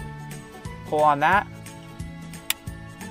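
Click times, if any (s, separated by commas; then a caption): 2.5 s. A plastic antenna port cover clip on the back of an Inmarsat IsatPhone 2 satellite phone is pulled so it pops out of place, exposing the antenna connection hole. Over background music, someone talks, then the clip releases with a sharp click at 2.5 s.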